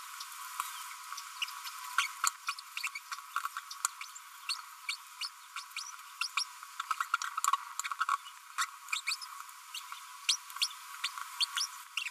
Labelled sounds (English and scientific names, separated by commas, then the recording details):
Green-rumped Parrotlet (Forpus passerinus) babbling
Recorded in a nest box in Venezuela
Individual 18B25A4